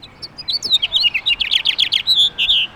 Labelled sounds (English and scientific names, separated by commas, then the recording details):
House Finch (Haemorhous mexicanus) song
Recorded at Oakdale on Long Island, New York, on 18 June 2013
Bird B